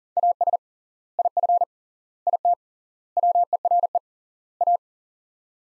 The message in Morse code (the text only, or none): AS IF IT WERE A